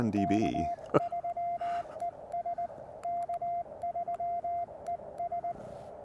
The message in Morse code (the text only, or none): K3ES K3ES